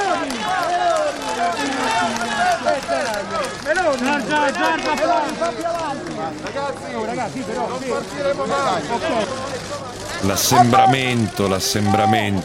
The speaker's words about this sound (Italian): E poi la folla, la folla.